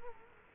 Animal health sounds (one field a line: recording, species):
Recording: mosquito wingbeat signal from an infrared sensor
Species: Culex quinquefasciatus